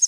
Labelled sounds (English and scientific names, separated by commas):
Prairie Warbler (Setophaga discolor) flight call